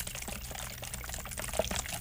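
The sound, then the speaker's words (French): A bottle of cola being shaken, its liquid sloshing and fizzing in a steady, rough churn for about two seconds, fairly quiet, with no talking. “Je rebrasse.”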